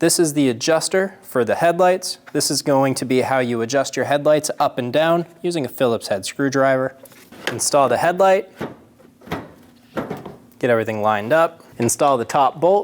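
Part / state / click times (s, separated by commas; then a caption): headlight assembly into the vehicle front-end opening / not seated / none. Someone talks while a plastic headlight assembly for a 2011-2027 Dodge Durango is set into the vehicle's front-end opening and lined up before the top bolt is installed. Short knocks at about 9.3, 10.0, 10.3 and 10.5 seconds are the housing contacting the surrounding plastic, not a latch. Nothing has seated or clicked yet.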